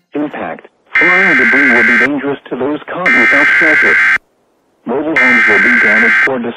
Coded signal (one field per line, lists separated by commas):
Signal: Emergency Alert System (SAME) tones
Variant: header bursts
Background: speech